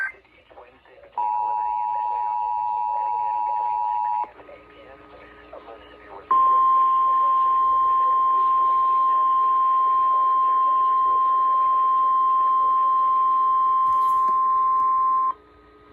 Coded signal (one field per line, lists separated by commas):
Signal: Emergency Alert System (SAME) tones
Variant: 853 and 960 Hz attention tone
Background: speech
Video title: WHEN YOU OVERSLEPT AND MISSED THE MFL WEEKLY - EAS Alert Tests From 11/1/23 (EAS #1067-1072)